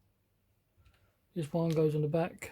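A plastic running-wheel part for a 1/35 scale Dragon German 60cm Mörser "Karl" Gerät 040 model kit is handled, ready to be pushed onto the back of the running-wheel assembly. Faint soft handling noises come first, then someone talks from about 1.4 s to the end. Nothing has clicked or seated yet.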